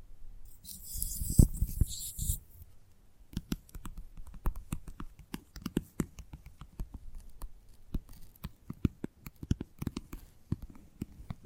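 Gentle tapping in quick, uneven bursts of soft, dull knocks with brief bright clicks. It opens with a low rumbling shuffle and a hiss that fades after about two seconds, then the taps continue steadily, sometimes clustering into rapid runs.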